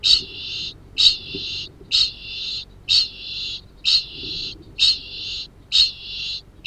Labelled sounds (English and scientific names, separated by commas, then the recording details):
Kākāpō (Strigops habroptilus) ching call
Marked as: faintness 1/5
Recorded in New Zealand
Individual Arab